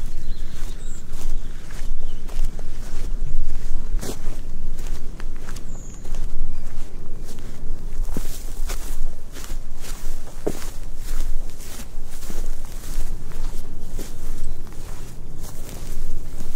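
Footsteps walking through a Viking village in Iceland, crunching in a fairly regular pace of about two steps per second, sharper and brighter from around eight seconds on. A steady low rumble runs underneath, with a couple of faint high chirps early on.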